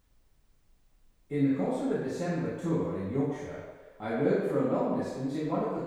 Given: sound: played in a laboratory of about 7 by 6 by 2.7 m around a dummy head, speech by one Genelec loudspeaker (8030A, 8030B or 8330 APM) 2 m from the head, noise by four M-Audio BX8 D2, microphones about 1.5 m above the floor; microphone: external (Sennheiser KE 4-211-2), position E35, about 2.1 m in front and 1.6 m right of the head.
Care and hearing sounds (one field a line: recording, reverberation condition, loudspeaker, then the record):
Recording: male speech in English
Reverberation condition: high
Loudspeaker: in front (0 degrees)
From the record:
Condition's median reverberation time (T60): about 1300 ms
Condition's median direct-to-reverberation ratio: about -4.0 dB